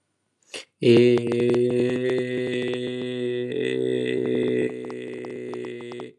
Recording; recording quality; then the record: sustained vowel as in made; excellent, no background noise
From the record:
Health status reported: healthy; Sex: male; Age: 19 years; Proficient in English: yes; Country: India